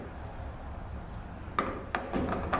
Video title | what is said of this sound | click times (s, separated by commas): ZF6HP26 Bushing Kit Installation | okay that just snaps back in | 1.6 s, 1.9 s